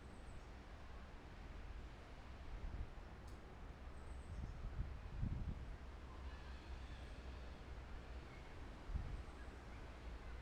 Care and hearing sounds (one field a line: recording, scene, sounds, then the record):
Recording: everyday scene through a hearing-aid microphone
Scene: wind on the microphone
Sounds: gentle breeze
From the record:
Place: parking lot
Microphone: behind the ear, left, rear